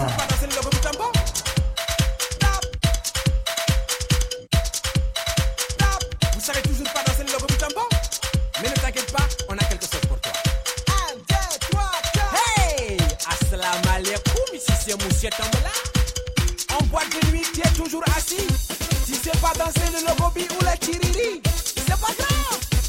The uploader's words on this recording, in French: Une soirée vraiment sympa au bowling st savin.